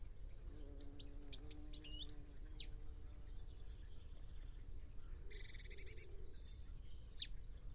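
Bird song: a high, fast warbling phrase lasting about two seconds, then a short buzzy, rattling series, and finally one sharp high note.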